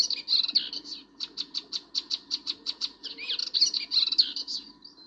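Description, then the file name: Melodious warbler song, a fast chattering run of high notes with a steady burst of repeated chips in the middle, lively and continuous. "Hypolais polyglotte"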